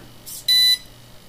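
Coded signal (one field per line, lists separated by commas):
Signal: beep code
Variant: Dynam ESC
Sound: a single short electronic beep, about a third of a second, high pitched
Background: low electrical hum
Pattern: 1 short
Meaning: Brake is on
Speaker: okay that was a single beep that means brake is on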